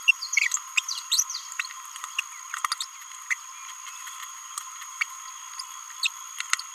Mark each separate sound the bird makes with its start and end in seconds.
0.78-0.80, 1.12-1.23, 2.72-2.74, 2.81-2.84, 3.31-3.33, 5.01-5.03, 6.03-6.08